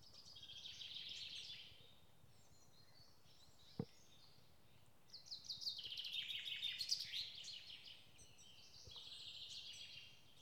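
Bird song, repeated twittering phrases separated by pauses, with a sharp click in a quiet gap.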